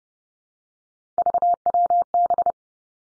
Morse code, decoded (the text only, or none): VWB